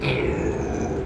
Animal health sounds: contact call of a hoofed animal; pig; closed-mouth grunt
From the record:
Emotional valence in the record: negative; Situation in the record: short social isolation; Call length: 1.05 s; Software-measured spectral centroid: 1650 Hz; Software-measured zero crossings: 1280 a second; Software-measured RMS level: -24 dBFS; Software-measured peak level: -11 dBFS

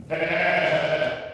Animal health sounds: contact call of a hoofed animal; sheep; low-frequency (closed-mouth) or high-frequency (open-mouth) call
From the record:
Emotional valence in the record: negative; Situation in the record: short social isolation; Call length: 1.33 s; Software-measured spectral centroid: 1800 Hz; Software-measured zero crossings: 2260 a second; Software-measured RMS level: -24 dBFS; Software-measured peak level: -10 dBFS

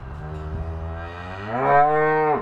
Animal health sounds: contact call of a hoofed animal; cattle; low-frequency (closed-mouth) or high-frequency (open-mouth) call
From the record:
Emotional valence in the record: negative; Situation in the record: full separation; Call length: 2.4 s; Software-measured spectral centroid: 1030 Hz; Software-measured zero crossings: 1220 a second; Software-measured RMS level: -22 dBFS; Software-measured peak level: -5 dBFS

